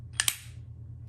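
A metal rod is pushed into a wooden burr puzzle and snaps onto the magnet inside. Two sharp, bright clicks ring out at 0.2 and 0.28 seconds over a low background hum, confirming the rod has seated against the magnet.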